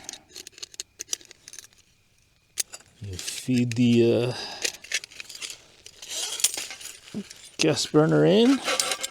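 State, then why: Not seated. A gas burner insert is fed into a folding titanium camp stove, with light metal-on-metal clinks and taps throughout while someone talks. Nothing has seated or clicked into place yet by the end of the clip.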